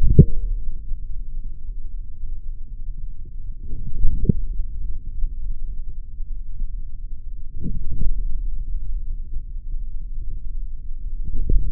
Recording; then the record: forearm muscle sounds (acoustic myography)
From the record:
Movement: forearm supination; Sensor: system 3, bracelet of six PUI Audio POM-2738L microphones around the upper forearm, with dedicated amplification and filtering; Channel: 5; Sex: male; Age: 26 years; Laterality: right